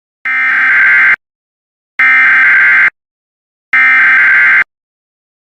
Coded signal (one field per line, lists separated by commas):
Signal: Emergency Alert System (SAME) tones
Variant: header bursts